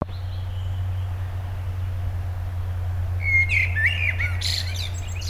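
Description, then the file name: Common blackbird song phrase in the last two seconds, a low fluted warble breaking into a squeaky high twitter, over a steady low hum. "Turdus merula"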